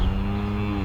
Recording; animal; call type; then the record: contact call of a hoofed animal; cattle; low-frequency (closed-mouth) or high-frequency (open-mouth) call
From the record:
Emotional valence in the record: negative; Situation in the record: full separation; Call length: 0.85 s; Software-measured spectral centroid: 1570 Hz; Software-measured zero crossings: 750 a second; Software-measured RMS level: -24 dBFS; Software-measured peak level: -11 dBFS